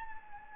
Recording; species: mosquito wingbeat signal from an infrared sensor; Anopheles gambiae